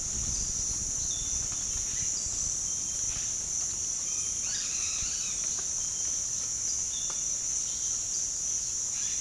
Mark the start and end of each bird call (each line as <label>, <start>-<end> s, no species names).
bird call, 4.49-5.45 s
bird call, 6.72-7.37 s